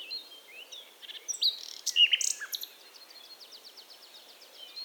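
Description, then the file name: Common nightingale song: a few sharp, varied notes and a burst of rich whistles, then a faint rapid run of repeated notes trailing away. "Luscinia megarhynchos"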